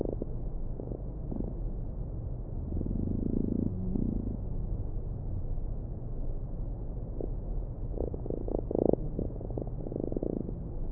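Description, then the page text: Fruit fly courtship song: a soft low hum around the third second, then short bursts of rapid pulses near the end, over a constant low background drone. Male fruit fly courtship song sung to attract females during the mating ritual; recorded by neurobiologists in Vienna studying behaviour, published 9 February 2011. "2011-02-09. The love song of a fly. Research Institute of Molecular Pathology (IMP). the mating ritual of the fruit fly"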